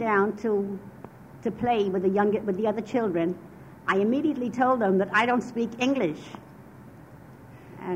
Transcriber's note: none